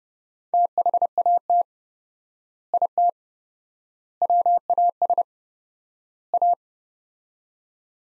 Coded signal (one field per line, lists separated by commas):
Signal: Morse code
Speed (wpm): 30 wpm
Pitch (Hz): 700 Hz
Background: none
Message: THAT IT WAS A